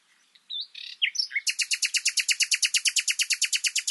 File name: Luscinia megarhynchos